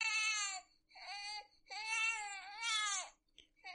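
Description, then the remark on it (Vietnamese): An infant wails at night in three long, high-pitched bursts with rich harmonics, each cry rising and falling, separated by brief gasping pauses, followed by a short whimper and a soft click. “Tiếng trẻ con khóc trong đêm khuya vọng rất rõ.”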